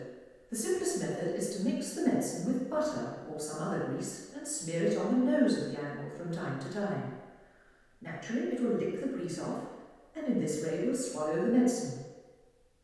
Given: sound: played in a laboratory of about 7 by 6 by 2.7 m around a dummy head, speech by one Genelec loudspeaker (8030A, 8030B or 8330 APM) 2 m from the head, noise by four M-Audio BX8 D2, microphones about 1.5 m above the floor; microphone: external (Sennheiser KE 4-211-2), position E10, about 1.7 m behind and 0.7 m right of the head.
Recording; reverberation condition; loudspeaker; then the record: female speech in English; high; 90 degrees to the left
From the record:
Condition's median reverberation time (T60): about 1300 ms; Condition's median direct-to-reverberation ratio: about -4.0 dB